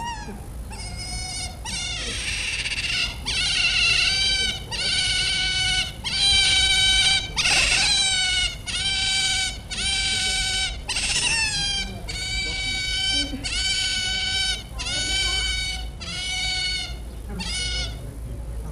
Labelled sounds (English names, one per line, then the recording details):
European Otter call
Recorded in captivity
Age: juvenile
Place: Tierpark Berlin, Berlin, DE
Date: 1963-04-13 12:00
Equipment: Minifon, Kopie Smaragd
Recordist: Tembrock, Günter